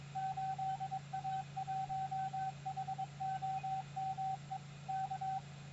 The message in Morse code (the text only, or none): 8A1HOME K